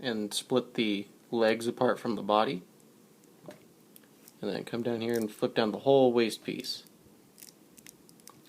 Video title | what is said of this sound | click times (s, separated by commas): Transformers Prime Voyager Starscream | now it doesn't come to or at least on mine it doesn't like friction or even snap into place it just more or less sits there | none